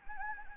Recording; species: mosquito wingbeat signal from an infrared sensor; Anopheles gambiae